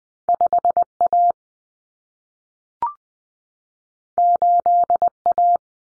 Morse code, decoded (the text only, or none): 5A 8A